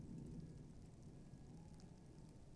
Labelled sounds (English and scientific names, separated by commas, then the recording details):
Tawny Owl (Strix aluco)
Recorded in Germany
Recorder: ecoPi